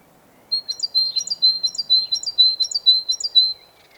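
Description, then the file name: Great tit giving a quick run of high, clipped notes, about six repeated phrases in three seconds. "Parus major"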